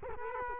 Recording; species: mosquito wingbeat signal from an infrared sensor; Culex quinquefasciatus